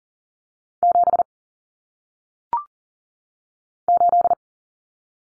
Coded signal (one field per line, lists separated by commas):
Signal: Morse code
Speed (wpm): 39 wpm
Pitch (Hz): 700 Hz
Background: none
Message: 7 8